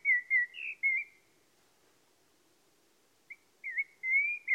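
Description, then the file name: Common blackbird song: a string of fluty, wavering whistled notes, a pause of about two seconds, then another run of sliding, swooping whistles. "Turdus merula"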